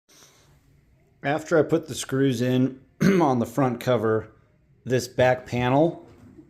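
A plastic back cover panel is handled against the housing of a Hisense portable air conditioner while someone talks and briefly clears their throat, with quiet pauses between phrases. The panel has not seated or snapped into place yet.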